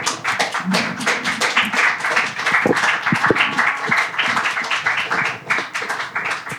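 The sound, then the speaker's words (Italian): Sustained applause from an audience for performers after an improvised performance, a dense, steady patter of many hands clapping at once, fairly loud and even throughout with no voices standing out. “Comunque farei un ennesimo applauso perché era tutto improvvisato e sono state bravissime.”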